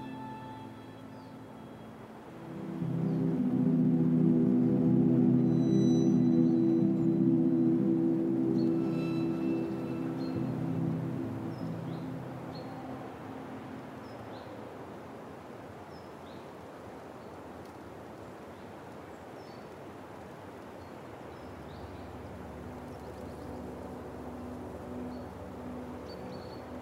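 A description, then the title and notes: Low, sustained string tones swell in near the three-second mark, hold strongly until about ten seconds, then slowly fade. A soft, steady wind fills the background throughout, with faint, high bird chirps scattered across the clip. This episode features a dialog free selection of string music set against a back drop of quiet wind and birds.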